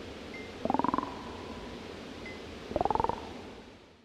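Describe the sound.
Toad giving two brief rapid pulsed trills, each rising a little in pitch, about two seconds apart, over a steady hiss.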